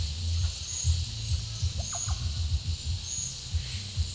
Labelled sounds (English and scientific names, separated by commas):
Russet-backed Oropendola (Psarocolius angustifrons)